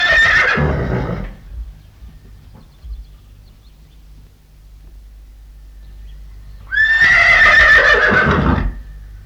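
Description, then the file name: Horse whinnying: the end of a loud, shrill neigh, then a quiet pause before a second long, quavering whinny. "Het hinniken van een paard - Sound Cloud - Beeld en Geluid"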